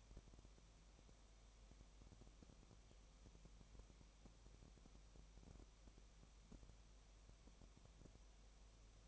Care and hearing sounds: daily activity, microphone in the room; no activity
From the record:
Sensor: 1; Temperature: 19.7 degrees Celsius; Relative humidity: 37.0%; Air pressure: 1007.2 hPa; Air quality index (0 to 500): 144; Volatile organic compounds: 5 ppm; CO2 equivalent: 1755 ppm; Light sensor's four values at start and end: 1/2/1/1 and 1/2/1/1

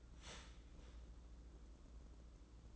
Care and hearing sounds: daily activity, microphone in the room; start toaster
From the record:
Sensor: 3

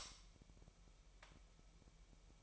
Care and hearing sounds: daily activity, microphone in the room; light off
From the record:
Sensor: 1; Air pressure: 1002.0 hPa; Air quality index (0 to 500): 247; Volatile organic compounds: 51 ppm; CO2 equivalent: 3313 ppm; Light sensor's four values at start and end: 14/45/18/19 and 5/11/4/5

